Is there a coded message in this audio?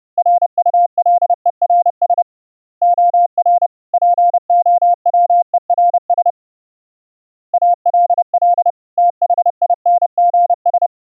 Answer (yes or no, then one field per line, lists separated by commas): yes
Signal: Morse code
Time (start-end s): 0.2-10.9 s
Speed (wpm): 32 wpm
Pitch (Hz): 700 Hz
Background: none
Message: RULERS OR POWERS ALL THINGS